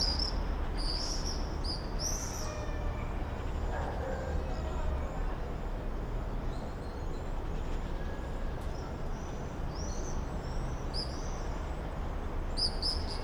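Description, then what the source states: Common swifts giving short, shrill high screams, a burst at the start, scattered calls later and more at the end, over low constant background noise. Summer evening in a backyard in Bytom, Poland; many swifts circling; recorded with Zoom F4 and AT BP4025.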